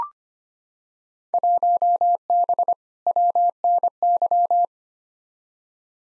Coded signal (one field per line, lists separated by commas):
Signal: Morse code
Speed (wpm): 25 wpm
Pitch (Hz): 700 Hz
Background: none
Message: 1B WNY